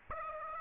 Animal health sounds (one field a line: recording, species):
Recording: mosquito wingbeat signal from an infrared sensor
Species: Aedes aegypti